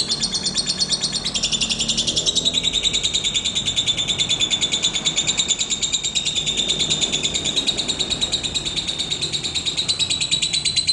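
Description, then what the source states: Lovebird song: a long, steady stream of rapid, buzzy high chirps and twitters with little variation, over soft background noise. Lovebird named Putri Mentaya.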